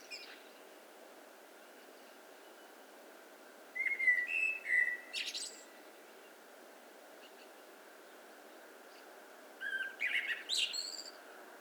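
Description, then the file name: Common blackbird singing two phrases: mellow, slurred whistles ending in thin, scratchy high twitters, with a quiet pause of several seconds between. "Turdus merula"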